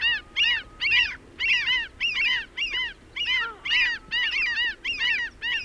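Bird giving harsh, arched, chattering notes in rapid clusters, about two bursts each second.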